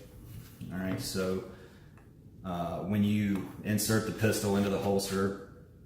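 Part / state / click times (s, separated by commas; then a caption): pistol into molded IWB holster shell / not seated / none. A pistol is handled at a Stealth Gear Ventcore standard molded inside-the-waistband holster shell, molded specifically to the gun, while someone talks. It is meant to push down into the holster until it clicks and locks in place. Only a faint tick is heard, around 2.0 s, and nothing has seated or clicked yet.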